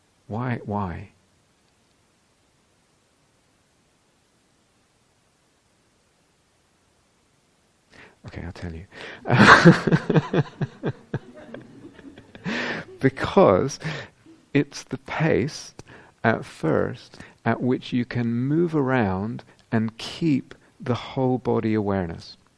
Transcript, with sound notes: Why? [silence] Okay, I'll tell you. [laughter] Because it's the pace, at first, at which you can move around and keep the whole-body awareness.